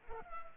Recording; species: mosquito wingbeat signal from an infrared sensor; Culex pipiens